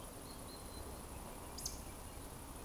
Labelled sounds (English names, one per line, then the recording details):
Eurasian Woodcock whistle
Eurasian Woodcock croak
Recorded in Baden-Württemberg, Germany, on 25 June 2020 at 20:01 UTC
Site 24578, 122 m above sea level